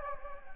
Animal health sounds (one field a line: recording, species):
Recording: mosquito wingbeat signal from an infrared sensor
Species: Anopheles gambiae